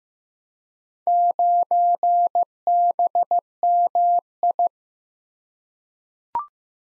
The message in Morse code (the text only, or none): 9BMI